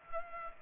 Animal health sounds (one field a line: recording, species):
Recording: mosquito wingbeat signal from an infrared sensor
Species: Culex pipiens